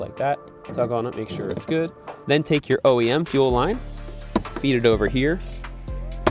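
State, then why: Seated. Someone talks while the OEM fuel line is fed down onto the flex fuel sensor fitting, with faint ticks near 5.6 and 5.9 seconds. A loud, sharp click at 6.3 seconds marks the OEM fuel line quick connector seating home on the flex fuel sensor.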